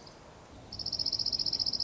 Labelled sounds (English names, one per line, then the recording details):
Dark-eyed Junco
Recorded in Sonoma County, California